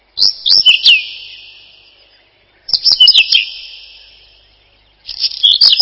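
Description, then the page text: Whinchat song: short scratchy phrases of quick chirps and whistled notes, each trailing into a fading ring, repeated about every two and a half seconds. "Луговой чекан — Saxicola rubetra"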